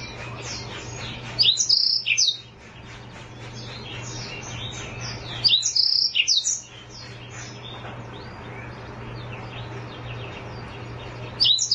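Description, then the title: Oriental magpie-robin singing in two short bursts of quick, high chirps and whistles about four seconds apart, a third phrase starting at the end, with a steady low hum throughout. Long-duration chirping. "Kicau Kacer Durasi Panjang 1jam Lebih"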